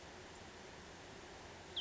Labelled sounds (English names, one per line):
Cassin's Vireo